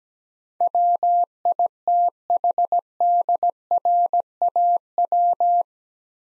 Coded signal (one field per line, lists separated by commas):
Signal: Morse code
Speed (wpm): 17 wpm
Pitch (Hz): 700 Hz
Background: none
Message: WITHDRAW